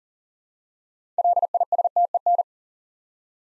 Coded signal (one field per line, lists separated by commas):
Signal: Morse code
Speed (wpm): 40 wpm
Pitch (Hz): 700 Hz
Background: none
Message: LISTEN